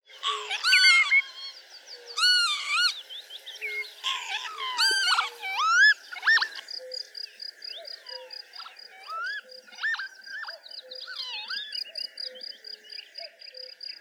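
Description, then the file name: Lapwing calls: several overlapping slurred, wheezy notes that rise and fall, with a steady high pulsing note running through the second half. "czajka"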